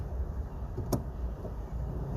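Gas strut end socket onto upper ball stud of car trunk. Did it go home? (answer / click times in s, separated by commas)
yes / 0.9 s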